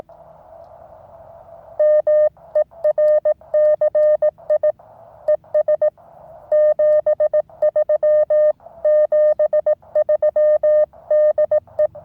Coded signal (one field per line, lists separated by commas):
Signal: Morse code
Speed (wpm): 18 wpm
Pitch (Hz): 610 Hz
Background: none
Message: MERCI ES 73 73 DE